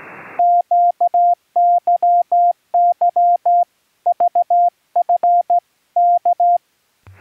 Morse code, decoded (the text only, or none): QYY VFK